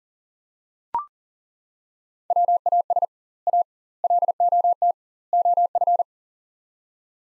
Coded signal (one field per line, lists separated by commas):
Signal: Morse code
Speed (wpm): 40 wpm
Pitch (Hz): 700 Hz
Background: none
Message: WAS A LOT OF